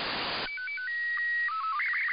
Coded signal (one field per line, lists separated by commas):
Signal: SSTV (slow-scan television)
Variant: Robot 36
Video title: September 22nd, 2019 - Voice Repeater (SSTV) RX Only Lapan IO-86